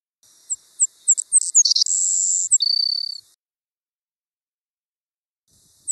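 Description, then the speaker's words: Savannah Sparrow song: a few thin, high chips speeding up, then a long high buzz and a lower buzzy ending, followed by quiet. Male savannah sparrow song recorded in 1982 for Professor Heather Williams' research, played to compare with a 2011 song and show change over almost 30 years. "As an example, I'm going to play male savannah sparrow songs from 1982 and 2011 so you can compare how the songs changed over almost 30 years."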